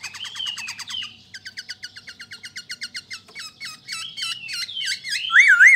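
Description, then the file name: Black-throated laughingthrush in a rapid, even series of short chattering notes, followed by looping, wavering whistles that grow louder at the end. "Pterorhinus chinensis"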